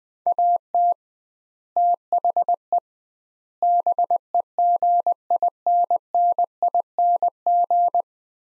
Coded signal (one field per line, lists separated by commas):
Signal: Morse code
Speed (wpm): 20 wpm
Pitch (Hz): 700 Hz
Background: none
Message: AT THE BEGINNING